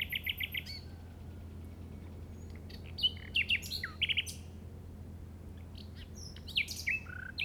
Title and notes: Grabación de ruiseñor común (Luscinia megarhynchos) en el Delta del Llobregat a las 06:00 del 08/05/2015.